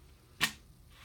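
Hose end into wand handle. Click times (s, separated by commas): 0.4 s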